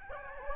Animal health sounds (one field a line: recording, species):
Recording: mosquito wingbeat signal from an infrared sensor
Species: Aedes albopictus